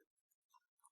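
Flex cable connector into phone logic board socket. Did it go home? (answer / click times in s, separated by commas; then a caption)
no / none. A flex cable connector (antenna or display flex) on an iPhone 4s is handled by fingertip over its logic board socket, ready to be pressed down until it clicks. Only faint, light ticking and clinking handling sounds are heard across the second. Nothing has seated or clicked yet.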